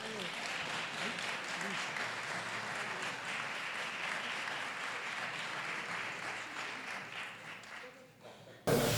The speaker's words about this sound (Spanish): Bueno, pues nada, les damos un fuerte aplauso.